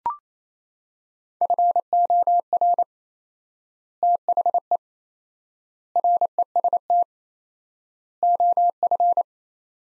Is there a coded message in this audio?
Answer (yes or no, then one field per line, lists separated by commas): yes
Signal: Morse code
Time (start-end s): 1.4-9.2 s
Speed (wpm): 28 wpm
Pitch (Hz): 700 Hz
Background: none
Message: FOR THE REST OF